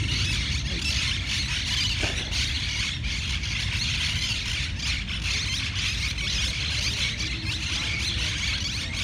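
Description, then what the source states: Monk parakeet: shrill, rasping squawks from many monk parakeets run on throughout, layered over loud, low traffic noise. Monk parakeets in Parc de la Ciutadella, Barcelona, recorded 20 September 2019.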